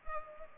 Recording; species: mosquito wingbeat signal from an infrared sensor; Culex pipiens